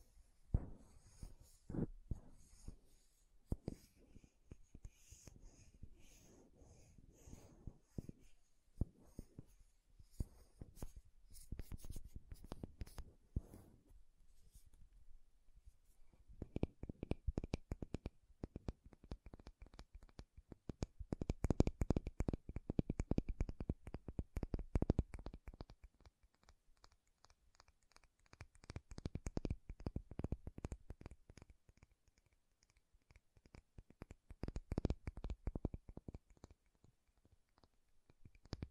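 Quick taps and scratching on makeup containers come in dense, uneven bursts throughout. The first stretch is busy and crackly, there's a brief thinning around sixteen seconds, then clusters of sharp tapping return in waves, with short quiet gaps between groups.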